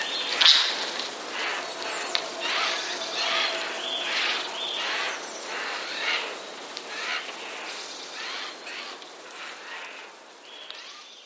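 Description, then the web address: Eurasian jay chatter, hoarse grating calls repeated and fading toward the end, a sharp high note early and faint bird chirps behind. Chatter of several jays, filed among passerines, recorded 31 March 2013. "wroblowe ostrzegator szczebiot sojek 31 03 2013"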